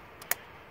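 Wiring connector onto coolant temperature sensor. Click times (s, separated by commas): 0.3 s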